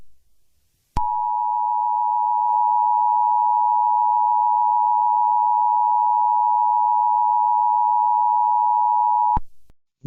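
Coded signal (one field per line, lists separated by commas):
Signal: Emergency Alert System (SAME) tones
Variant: 853 and 960 Hz attention tone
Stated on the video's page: Mock alert made for entertainment; never aired on television or radio.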